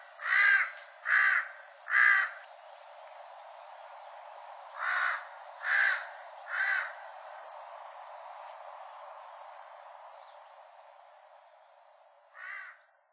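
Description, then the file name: Large-billed crow giving harsh caws in two bursts of three, then a single caw near the end, over a steady background hiss. Recorded on Ishigaki Island; date given as 2012-04-23. "osahashibuto ishigaki moriya"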